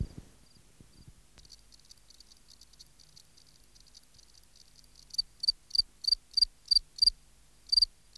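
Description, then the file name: Field cricket: quiet, faint high trilling at first after a few soft knocks, then loud pulsed chirps start up, repeated roughly every third of a second. "Gryllus campestris"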